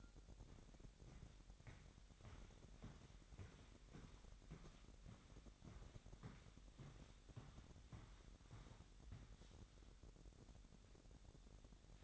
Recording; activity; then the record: daily activity, microphone in the room; walk to room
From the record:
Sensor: 3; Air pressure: 1012.2 hPa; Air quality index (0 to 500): 162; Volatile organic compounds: 2 ppm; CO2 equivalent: 1226 ppm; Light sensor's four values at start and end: 134/319/132/121 and 131/311/129/118